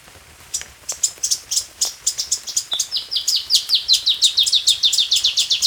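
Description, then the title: Black-crested warbler song: a few scattered high notes, then a fast series of high, sharp, downslurred chips running on without pause to the end. "Myiothlypis Nigrocristata"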